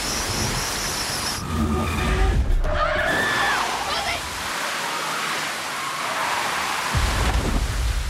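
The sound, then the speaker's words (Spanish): A car brakes hard, its tires letting out a wavering, high-pitched screech for a couple of seconds over a steady wash of loud, rumbling noise like rain and engine roar; in the series Dark, Marek brakes suddenly as Jonas and Marta appear at the bus stop. “Bueno, entonces aparecen Jonas y Marta de repente ante la parada y claro, tiene que pegar un frenazo Marek.”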